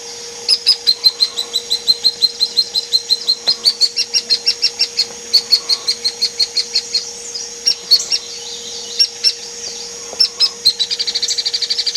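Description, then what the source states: Hairy woodpecker sounding a long series of crisp, high notes at an uneven pace, ending in a faster, softer rattle. Used as training audio for songbirds.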